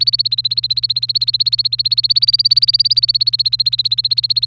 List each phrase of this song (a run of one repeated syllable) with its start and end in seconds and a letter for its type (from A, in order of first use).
0.00-4.46 A